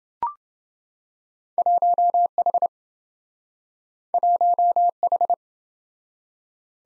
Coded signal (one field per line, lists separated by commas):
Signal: Morse code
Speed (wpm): 27 wpm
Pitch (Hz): 700 Hz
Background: none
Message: 1H 1H